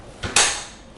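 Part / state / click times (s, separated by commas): folding frame latch of an electric wheelchair / seated / 0.4 s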